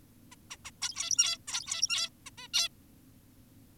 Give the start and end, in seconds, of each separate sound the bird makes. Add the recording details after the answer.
0.32-0.36, 0.51-0.57, 0.65-0.71, 0.82-1.38, 1.48-2.10, 2.26-2.30, 2.38-2.48, 2.54-2.68. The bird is an adult. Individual g17y2U